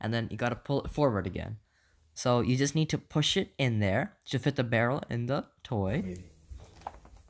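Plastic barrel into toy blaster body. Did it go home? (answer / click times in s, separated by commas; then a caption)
yes / 6.9 s. Someone talks while pushing a plastic barrel forward into the front of an Adventure Force Villainator plastic toy blaster. After the talking, a sharp click at 6.9 s marks the barrel snapping into place, and it is seated.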